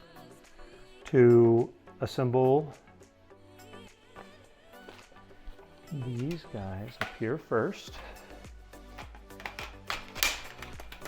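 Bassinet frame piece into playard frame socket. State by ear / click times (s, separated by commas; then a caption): seated / 10.2 s. Someone talks over background music while assembling the top pieces of a Graco Pack 'n Play Day2Dream bassinet playard. A plastic bassinet frame piece is pushed into the playard frame socket until its spring button clips into a hole. It seats with a small click at 10.2 s.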